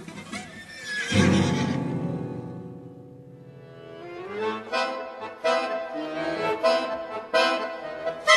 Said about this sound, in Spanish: El caballo que huye solo, sin jinete, relinchando, mojado de sangre, de la sangre del hombre que cayó.